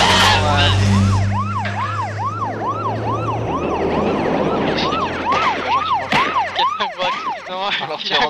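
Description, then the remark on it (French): A police car siren wails in a fast, steady yelp, its pitch swooping up and down about twice a second, loud over a low engine rumble and traffic noise. “Mais qu'est-ce que j'entends? La police.”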